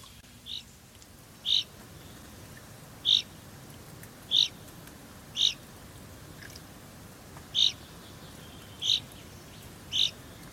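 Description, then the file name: Common chaffinch giving several brief, bright high notes repeated at intervals, the first one softer, against faint constant background noise. "Fringilla coelebs"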